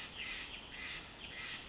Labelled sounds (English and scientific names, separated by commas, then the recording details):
Pacific Wren (Troglodytes pacificus)
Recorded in Sonoma County, California